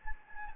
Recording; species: mosquito wingbeat signal from an infrared sensor; Anopheles gambiae